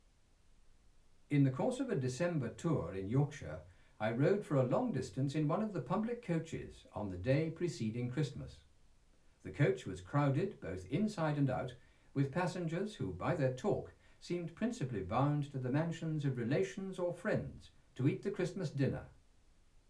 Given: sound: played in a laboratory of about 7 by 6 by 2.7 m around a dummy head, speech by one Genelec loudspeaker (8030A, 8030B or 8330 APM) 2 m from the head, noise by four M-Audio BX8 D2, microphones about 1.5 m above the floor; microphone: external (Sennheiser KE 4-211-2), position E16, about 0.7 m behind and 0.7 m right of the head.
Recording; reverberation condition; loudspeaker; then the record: male speech in English; low; in front (0 degrees)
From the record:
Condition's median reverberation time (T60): about 310 ms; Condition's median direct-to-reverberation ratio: about 3.5 dB